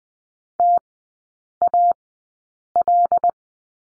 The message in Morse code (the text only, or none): TAL